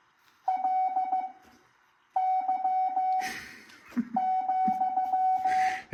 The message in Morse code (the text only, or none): LY,